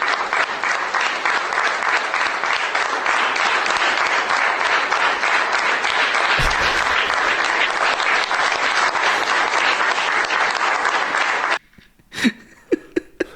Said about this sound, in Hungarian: Álva tapsoltak neki, hogy megemeli ezt a gyúrórudat. Nézd, ami aranyból van. Gratulálok, Garbanguly, bazd meg.